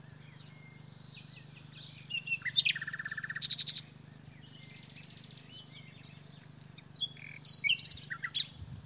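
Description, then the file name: Common nightingale song: a short burst of sharp notes, then a loud buzzy rattle, a pause, and another run of rapid high phrases over a steady low hum. "Luscinia megarhynchos"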